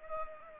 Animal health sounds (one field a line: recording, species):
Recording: mosquito wingbeat signal from an infrared sensor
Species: Culex pipiens